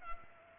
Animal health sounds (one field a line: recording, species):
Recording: mosquito wingbeat signal from an infrared sensor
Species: Culex pipiens